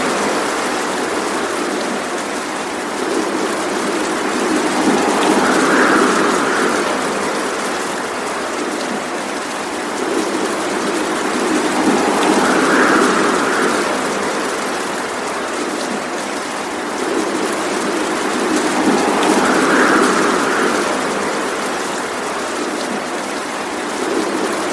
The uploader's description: morning birds chirping amidst the gentle patter of rain, accompanied by soothing nocturnes of peace